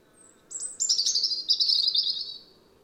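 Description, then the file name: European robin singing a faint, very high thin note, then a sweet, fast, wavering warble that runs on for about two seconds. "Erithacus rubecula"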